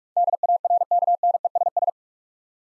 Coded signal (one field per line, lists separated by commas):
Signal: Morse code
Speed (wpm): 42 wpm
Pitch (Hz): 700 Hz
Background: none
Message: DARKNESS